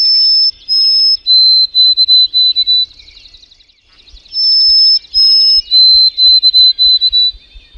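White-throated sparrow song: clear, pure whistles, two high held notes followed by a series of shorter, lower notes; the phrase is sung twice.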